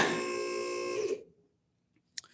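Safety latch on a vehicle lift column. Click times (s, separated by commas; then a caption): 2.2 s. A vehicle lift is raised with its button, and a steady motor whine with strong tonal hum runs until about 1.2 s, then fades to near silence. At 2.2 s the safety latch on the lift column ratchets and clicks over a lock position with a sharp metallic click, followed by a softer tick, seating the latch.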